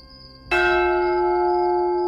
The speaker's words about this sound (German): Immer, wenn er bei 10 angekommen ist, hat er wie ein Wahnsinniger geschrien und mit dem Eisenklöppel gegen die Glocke geschlagen.